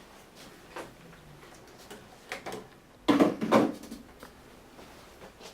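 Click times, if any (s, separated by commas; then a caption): 3.1 s. With its two side buttons pressed in, a laser handpiece connector is pushed firmly into its socket on a tattoo removal laser machine. Faint knocks and handling sounds at 0.8 s and 2.3 s lead to a sharp, loud click at 3.1 s, followed by a short rattle around 3.4 s. The connector seats with that click at 3.1 s.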